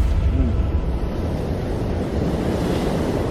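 Steady roar of sea waves washing in, a broad rumbling wash with gusty wind noise buffeting throughout, loud and continuous with no voices.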